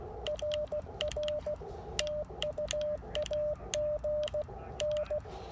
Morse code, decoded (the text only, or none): RR TU AGN